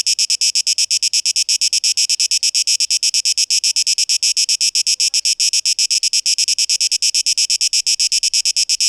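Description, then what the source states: Cicada song, a harsh high-pitched throbbing buzz repeating many times a second, unchanging for the whole stretch. 12 August 2023.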